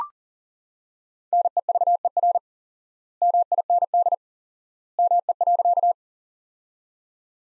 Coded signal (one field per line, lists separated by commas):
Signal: Morse code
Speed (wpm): 40 wpm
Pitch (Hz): 700 Hz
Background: none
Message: NEVER MIND ME.